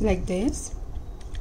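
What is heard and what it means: Someone talks briefly while handling the top-mounted waste-bin flap of a plastic paper reinforcement punch, working it into position on the punch body. Only faint handling taps follow, around 1.2 and 1.4 seconds. Nothing has seated or clicked yet.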